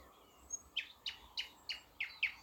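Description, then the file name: Thrush nightingale song notes: sharp, harsh notes repeated about three times a second, steadily through the short passage. "thrush nightingale - luscinia luscinia"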